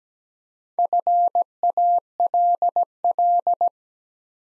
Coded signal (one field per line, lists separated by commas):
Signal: Morse code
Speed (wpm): 17 wpm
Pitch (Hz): 700 Hz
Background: none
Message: FALL